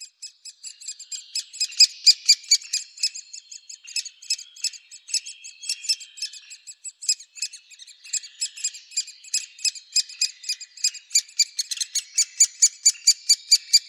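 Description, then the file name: Great spotted woodpecker making high, scratchy, rapidly repeated calls in uneven, overlapping runs that grow steadier near the end. "Buntspecht"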